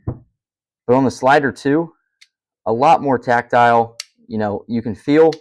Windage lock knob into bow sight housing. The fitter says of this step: So, we'll lock that back in.